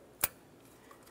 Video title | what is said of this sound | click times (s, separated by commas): How to Replace Intake Gasket Set 1994-2002 Dodge Ram 2500 | Press it in, listen for a click. | 0.2 s